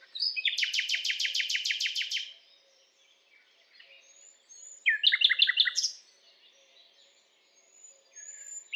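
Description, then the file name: Common nightingale song opening with a long, rapid rattling series of repeated notes, then a pause and a shorter phrase of quick, descending chirps. "Luscinia megarhynchos"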